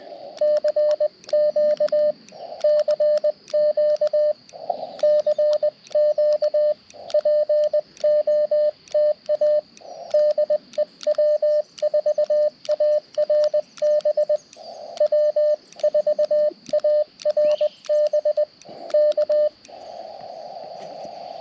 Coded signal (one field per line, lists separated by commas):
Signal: Morse code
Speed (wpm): 20 wpm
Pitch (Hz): 600 Hz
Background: radio noise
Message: CQ CQ CQ POTA DE W4ARB W4ARB K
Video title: EDC Ham Radio Go-Kit for QRP POTA - 5/23/23 @ K-3864